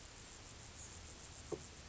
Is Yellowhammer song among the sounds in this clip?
no